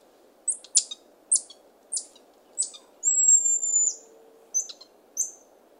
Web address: Nature Songs S America Primates of the Rainforest Buffy-headed marmoset